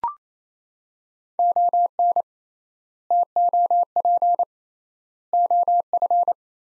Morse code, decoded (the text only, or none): ON TOP OF